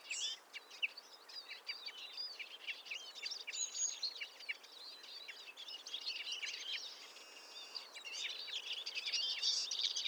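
Many birds call and sing at once in a mixed forest of conifers and oaks, a dense, overlapping chorus of bright chirps and short trills that never pauses. A sharp call stands out near the start, and a thin whistle sounds around four seconds.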